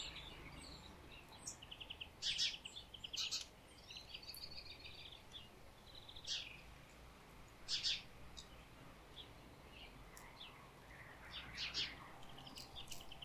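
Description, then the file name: Great tit calls: short, high, chirping notes in scattered bursts, with a few louder clusters every few seconds, over a steady hiss of background noise. "Parus major"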